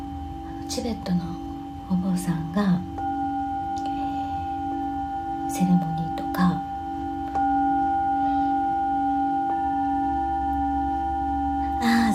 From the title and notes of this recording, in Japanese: メキシコから シンギングボウルのサウンドヒーリング ライブ。